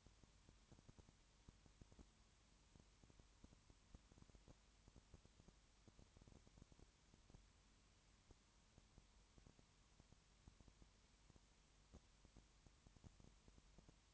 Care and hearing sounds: daily activity, microphone in the room; no activity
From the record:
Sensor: 3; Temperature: 21.1 degrees Celsius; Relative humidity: 37.0%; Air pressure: 1010.6 hPa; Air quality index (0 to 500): 204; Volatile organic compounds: 31 ppm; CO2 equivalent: 2982 ppm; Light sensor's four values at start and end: 2/3/2/2 and 2/3/2/2

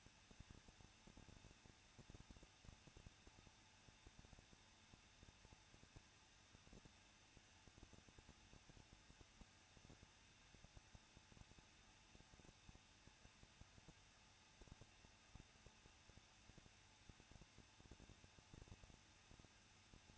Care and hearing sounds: daily activity, microphone in the room; no activity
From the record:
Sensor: 2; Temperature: 21.0 degrees Celsius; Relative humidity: 37.6%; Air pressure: 1006.3 hPa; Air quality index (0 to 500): 224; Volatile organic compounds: 25 ppm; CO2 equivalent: 2847 ppm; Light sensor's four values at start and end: 2/3/2/2 and 2/3/2/2

